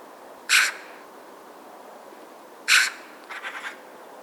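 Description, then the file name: Eurasian magpie calling with two loud, scratchy single squawks about two seconds apart, followed by a softer, stuttering rattle. "Pica pica"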